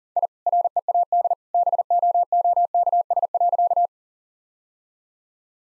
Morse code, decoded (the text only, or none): I READ BOOKS.